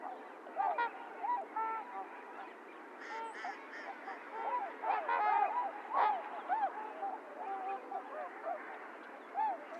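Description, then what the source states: Trumpeter swans honking in a crowded chorus, louder nasal notes repeatedly breaking through the constant background calling. Several swans recorded 28 January 2022; low-cut filtered.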